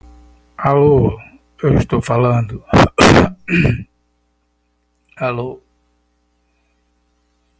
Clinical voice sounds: spoken sentence; Brazilian Portuguese; male; 60 to 69 years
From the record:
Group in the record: control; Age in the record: 62 years

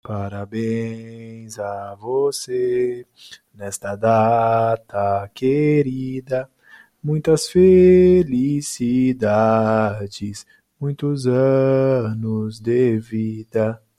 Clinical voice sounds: short text; Brazilian Portuguese; male; 20 to 29 years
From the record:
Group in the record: control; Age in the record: 27 years

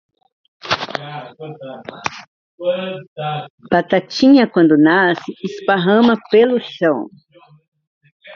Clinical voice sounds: short text; Brazilian Portuguese; female; 60 to 69 years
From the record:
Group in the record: control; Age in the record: 66 years

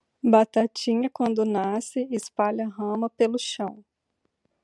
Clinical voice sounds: short text; Brazilian Portuguese; female; 30 to 39 years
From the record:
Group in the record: control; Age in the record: 34 years

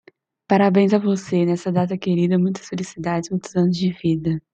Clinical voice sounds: short text; Brazilian Portuguese; female; 20 to 29 years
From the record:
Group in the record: control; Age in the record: 27 years

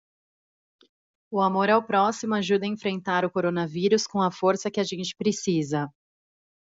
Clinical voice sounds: spoken sentence; Brazilian Portuguese; female; 20 to 29 years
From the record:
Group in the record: control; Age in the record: 29 years

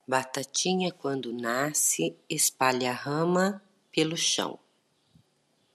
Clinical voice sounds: short text; Brazilian Portuguese; female; 40 to 49 years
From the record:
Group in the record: control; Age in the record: 48 years

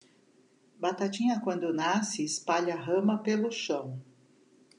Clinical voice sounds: short text; Brazilian Portuguese; female; 50 to 59 years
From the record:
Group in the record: control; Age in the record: 55 years

